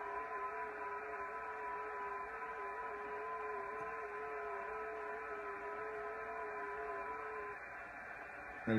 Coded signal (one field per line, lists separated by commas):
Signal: FT8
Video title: 05-05-2024 FT8 FT4 debut with VE3ARF and VA3EWV on the Yaesu FT-991